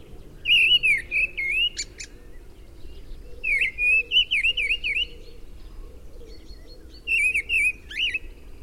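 Mistle thrush song: three short fluty, warbling phrases around mid-pitch, each with thin high squeaky notes above, separated by pauses of a couple of seconds.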